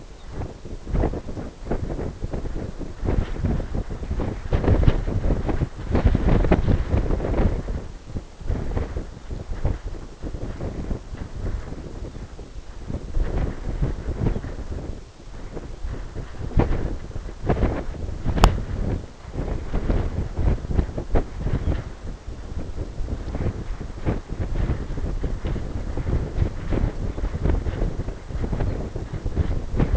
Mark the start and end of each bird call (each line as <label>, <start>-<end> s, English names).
Lapland Longspur, 0.10-0.30 s
Lapland Longspur, 11.96-12.28 s
Lapland Longspur, 14.23-14.47 s
Lapland Longspur, 21.57-21.80 s
Lapland Longspur, 27.05-27.23 s
Lapland Longspur, 28.59-28.80 s